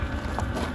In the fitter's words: les tuyaux qui se clipsent ici dessus. Hop.